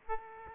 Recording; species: mosquito wingbeat signal from an infrared sensor; Aedes aegypti